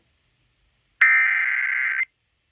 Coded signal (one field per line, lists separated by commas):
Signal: Emergency Alert System (SAME) tones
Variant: header bursts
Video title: EAS #3687 Tornado Warning on WCLR